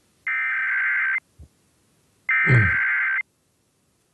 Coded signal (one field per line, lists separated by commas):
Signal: Emergency Alert System (SAME) tones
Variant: header bursts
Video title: This Week in Radio Tech 106: Duck Farts